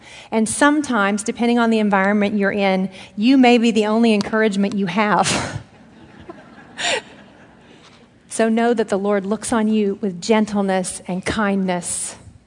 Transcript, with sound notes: And, sometimes, depending upon the environment you are in, you may be the only encouragement that you have! (laughter) So know that the Lord looks on you with gentleness and kindness.